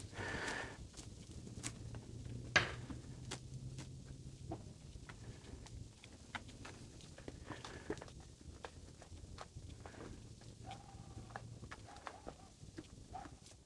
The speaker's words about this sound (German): Ja, so kaut ein Alpaka.